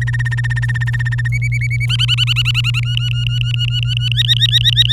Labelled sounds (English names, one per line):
Domestic Canary song